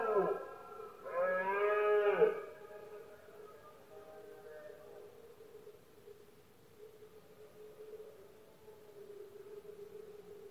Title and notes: Paisaje sonoro: Berrea #04. La época de celo del ciervo se conoce comúnmente como “berrea del ciervo” o “brama del ciervo”. los poderosos bramidos de los ciervos machos